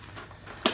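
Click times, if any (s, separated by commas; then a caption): 0.7 s. A Ryobi cordless trimmer and edger has its two release buttons on the shaft pressed, and its plastic head is twisted 180 degrees into edger mode. After quiet low-level handling noise, one sharp broadband snap is heard at 0.7 s as the rotating collar locks into the shaft housing. The head is seated and locked in place.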